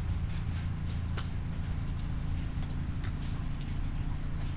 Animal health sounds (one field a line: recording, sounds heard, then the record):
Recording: poultry house recording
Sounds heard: sick chickens (respiratory disease)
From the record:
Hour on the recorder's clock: 2